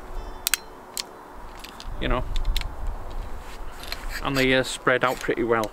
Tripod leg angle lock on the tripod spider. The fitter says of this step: got these nice clicky things so